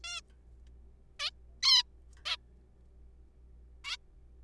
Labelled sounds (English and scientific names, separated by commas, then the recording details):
Zebra Finch (Taeniopygia guttata)
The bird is a juvenile
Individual R3428